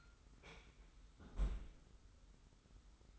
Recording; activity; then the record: daily activity, microphone in the room; close fridge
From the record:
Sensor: 3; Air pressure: 991.0 hPa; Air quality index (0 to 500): 119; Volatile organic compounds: 88 ppm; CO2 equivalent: 3669 ppm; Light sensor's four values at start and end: 35/83/33/31 and 35/83/33/31